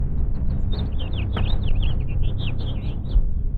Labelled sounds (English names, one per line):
House Finch song